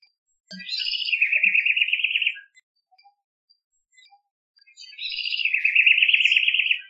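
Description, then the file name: House wren giving two harsh, pulsed chatter calls a few seconds apart, each opening with a short higher note before an even buzzing trill; otherwise quiet. "Troglodytes aedon"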